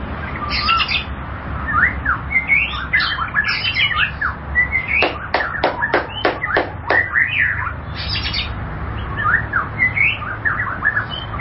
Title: Kicau Murai Batu